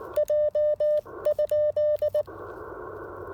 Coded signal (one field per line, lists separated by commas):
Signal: Morse code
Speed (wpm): 18 wpm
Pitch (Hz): 600 Hz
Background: none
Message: J?